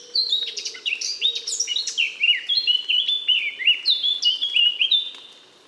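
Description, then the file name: Eurasian blackcap song: a steady stream of fast, chattering notes developing into clear, fluted whistles. "Sylvia atricapilla"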